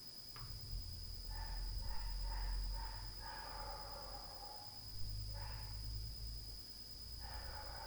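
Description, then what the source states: Dog delivers a rapid run of five or six short barks, then isolated single barks, over a rumbling low drone and a constant thin high whine. Loud dog at night.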